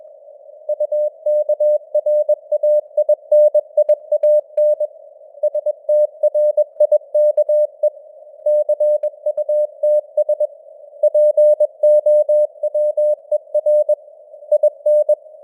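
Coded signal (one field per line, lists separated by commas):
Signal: Morse code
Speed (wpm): 21 wpm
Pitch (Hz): 600 Hz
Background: none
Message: UKRAINIAN STRIKE CUTS POWER IN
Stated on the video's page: News headlines sent in Morse at 21 wpm with simulated radio noise and varying signal strength (QSB).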